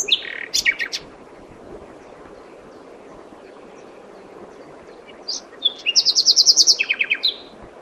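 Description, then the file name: Common nightingale song phrases: a sharp chattering opening, a long pause, then a rapid run of about a dozen loud repeated notes. "Luscinia megarhynchos"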